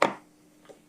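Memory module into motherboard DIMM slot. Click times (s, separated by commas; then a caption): 0.0 s. A DDR4 memory stick is pushed down into a motherboard DIMM slot and seats with a sharp, loud click at 0.0 s. The click decays over about 0.2 s. A faint, much quieter tick follows near 0.7 s over a low steady hum.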